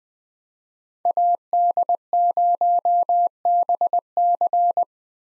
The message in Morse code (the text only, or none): AD0BC